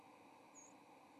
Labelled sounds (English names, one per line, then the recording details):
White-throated Sparrow flight call
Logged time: 07:39 on 30 October 2014